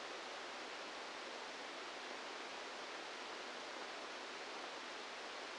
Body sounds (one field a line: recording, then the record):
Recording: brain microelectrode recording played as sound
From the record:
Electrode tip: outside the subthalamic nucleus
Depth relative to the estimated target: -6 mm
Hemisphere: right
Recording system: NeuroSet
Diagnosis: Parkinson's disease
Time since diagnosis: 15 years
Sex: female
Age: 59 years